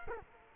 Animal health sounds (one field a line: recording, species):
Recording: mosquito wingbeat signal from an infrared sensor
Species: Culex quinquefasciatus